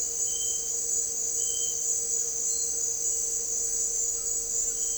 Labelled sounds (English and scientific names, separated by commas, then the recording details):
none
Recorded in dense forest near Puerto Asís, Putumayo, Colombia, on 4 March 2025 at 17:30
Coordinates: 0.467, -76.328
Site G041